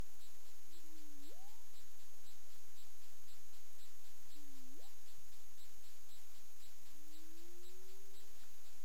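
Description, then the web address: Humpback whale calling in a repeated sequence: two low, dipping moans that each sweep sharply upward, then a long gently rising tone, against constant hiss and rhythmic clicking. Recorded in the Caribbean on 20 February 2022 at 20:15 UTC. "CARIMAM. humpback whale 20220220 201543 UTC"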